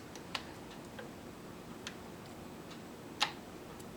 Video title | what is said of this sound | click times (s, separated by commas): Necchi Lydia 3 Sewing Machine Demonstration | And it just snaps back in. | 3.2 s